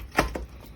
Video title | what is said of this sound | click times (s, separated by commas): Review Dirt Devil Vibe 3-in-1 Stick Vacuum Cleaner, Lightweight Corded Vacuum with Included Tools, B | It does not snap in place. | none